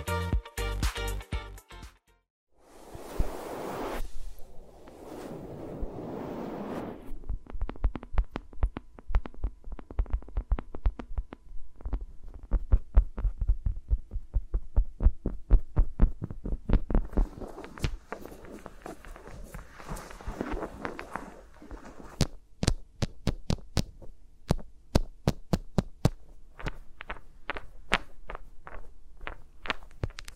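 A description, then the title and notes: ASMR with microphones around the fingers and no talking: a steady stream of sharp, dry taps and clicks runs through most of the clip, quickening and bunching after about seventeen seconds. Near the start come a brief pause and soft rubbing, brushing sounds around four to six seconds. ASMR with Mics Around My Fingers (No Talking).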